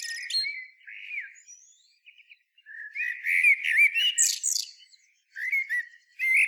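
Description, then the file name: Common blackbird, song: a soft fluted warble fades, then a louder phrase rises into squeaky high notes, another beginning at the end. "Turdus merula"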